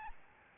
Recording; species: mosquito wingbeat signal from an infrared sensor; Aedes albopictus